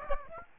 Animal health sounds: mosquito wingbeat signal from an infrared sensor; Aedes aegypti

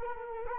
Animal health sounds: mosquito wingbeat signal from an infrared sensor; Culex quinquefasciatus

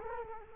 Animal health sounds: mosquito wingbeat signal from an infrared sensor; Culex quinquefasciatus

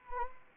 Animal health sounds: mosquito wingbeat signal from an infrared sensor; Anopheles arabiensis

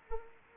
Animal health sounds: mosquito wingbeat signal from an infrared sensor; Anopheles arabiensis

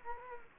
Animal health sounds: mosquito wingbeat signal from an infrared sensor; Culex quinquefasciatus

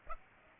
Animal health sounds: mosquito wingbeat signal from an infrared sensor; Aedes aegypti

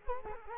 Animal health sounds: mosquito wingbeat signal from an infrared sensor; Culex quinquefasciatus

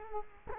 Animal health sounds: mosquito wingbeat signal from an infrared sensor; Culex quinquefasciatus

